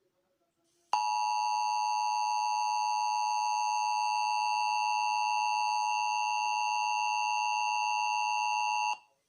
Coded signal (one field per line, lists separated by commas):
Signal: Emergency Alert System (SAME) tones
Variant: 853 and 960 Hz attention tone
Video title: EAS: tornado warning in London